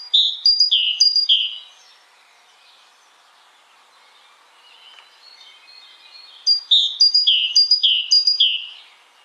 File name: Canto do chapins real